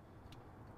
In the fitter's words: press the clip back in till it clicks and then run back into the top side and you'll need to reinstall